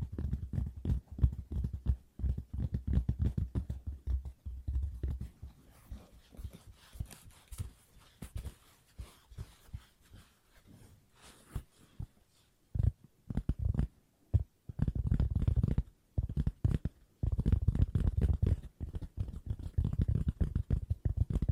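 Fast ASMR tapping with no talking, dense rapid taps in bursts, heavy low thumps early and after fifteen seconds, lighter clicks and brief pauses between.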